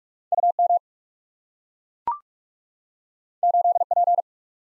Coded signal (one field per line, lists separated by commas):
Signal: Morse code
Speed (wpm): 44 wpm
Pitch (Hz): 700 Hz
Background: none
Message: U M 8 P